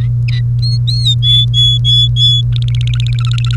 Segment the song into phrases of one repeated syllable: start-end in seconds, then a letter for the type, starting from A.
0.62-1.14 A, 1.23-2.41 B, 2.52-3.56 C